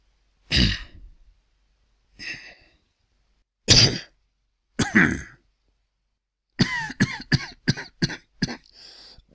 Coughs And Throat Clearing.